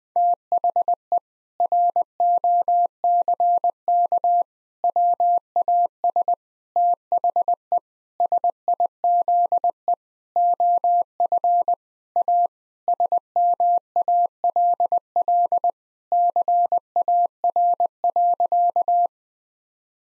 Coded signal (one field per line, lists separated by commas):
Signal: Morse code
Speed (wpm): 20 wpm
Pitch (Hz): 700 Hz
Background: none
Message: THE ROCK WAS THE SIZE OF A SMALL CAR.